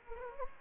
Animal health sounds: mosquito wingbeat signal from an infrared sensor; Anopheles gambiae

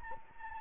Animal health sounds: mosquito wingbeat signal from an infrared sensor; Anopheles gambiae

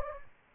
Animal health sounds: mosquito wingbeat signal from an infrared sensor; Anopheles gambiae

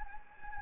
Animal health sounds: mosquito wingbeat signal from an infrared sensor; Anopheles gambiae

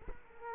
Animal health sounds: mosquito wingbeat signal from an infrared sensor; Culex quinquefasciatus

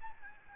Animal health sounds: mosquito wingbeat signal from an infrared sensor; Aedes albopictus

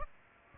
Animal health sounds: mosquito wingbeat signal from an infrared sensor; Aedes aegypti

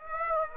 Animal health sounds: mosquito wingbeat signal from an infrared sensor; Aedes aegypti

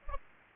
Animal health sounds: mosquito wingbeat signal from an infrared sensor; Aedes aegypti

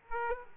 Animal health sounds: mosquito wingbeat signal from an infrared sensor; Aedes aegypti

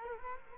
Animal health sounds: mosquito wingbeat signal from an infrared sensor; Culex quinquefasciatus

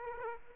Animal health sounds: mosquito wingbeat signal from an infrared sensor; Aedes aegypti

